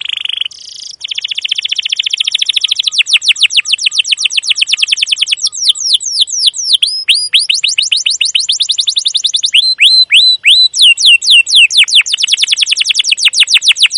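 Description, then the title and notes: Canary delivering a long, almost unbroken stream of fast chirps and trills, with hooked downslurred notes scattered through. Canary singing long 'cuit cuit ngerol' chirping and rolling song, used as a lure to train young canaries to learn song. "CUIT CUIT NGEROL LANGSUNG GACOR PANJANG Kenari Ini AMPUH Utk Pancingan KENAR. PANCINGAN Kenari GACOR PANJANG Cuit CUIT EMOSI ini AMPUH utk MASTERAN Kenari PAUD belajar BUNYI. burung kenari"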